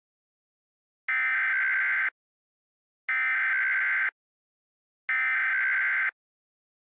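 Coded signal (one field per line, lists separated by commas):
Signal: Emergency Alert System (SAME) tones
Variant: header bursts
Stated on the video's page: Fictional Illinois weather disaster scenario, not a real alert.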